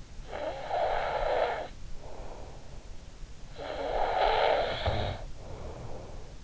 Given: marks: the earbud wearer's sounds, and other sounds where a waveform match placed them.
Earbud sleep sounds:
sounds in sleep by an in-ear microphone; snoring breath
0.28-2.81 s: snoring breath
3.44-6.29 s: snoring breath

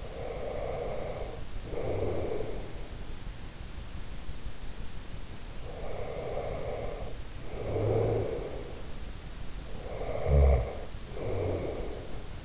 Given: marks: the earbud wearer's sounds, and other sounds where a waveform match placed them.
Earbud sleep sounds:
sounds in sleep by an in-ear microphone; breath, snoring breath
0.00-2.88 s: breath
5.56-8.82 s: breath
9.85-12.45 s: snoring breath

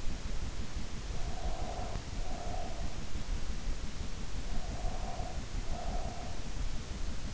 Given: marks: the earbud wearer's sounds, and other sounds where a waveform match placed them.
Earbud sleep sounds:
sounds in sleep by an in-ear microphone; breath
1.49-3.05 s: breath
4.61-6.54 s: breath

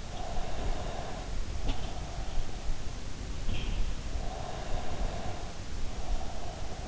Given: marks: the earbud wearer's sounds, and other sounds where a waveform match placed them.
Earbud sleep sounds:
sounds in sleep by an in-ear microphone; breath
0.17-2.30 s: breath
4.30-6.88 s: breath

